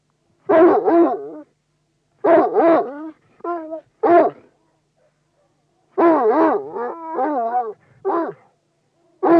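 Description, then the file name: Bloodhound barking in deep, drawn-out harmonic bays, some doubled, in bursts with silent gaps between. "Digiffects Sound Effects Library - Bloodhound Dog Barks"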